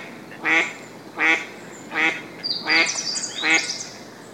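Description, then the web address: Eastern spot-billed duck quacking: five harsh, nasal quacks spaced under a second apart, with thin high chirps from another bird in the middle. "birdenaga karugamo"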